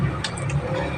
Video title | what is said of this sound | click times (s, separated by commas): Mantap... bimbingan dan pelatihan khusus RELAWAN DAMKAR (REDKAR) Kec. Brebes | Yang penting sudah bunyi klik pasti sudah terkunci | 0.2 s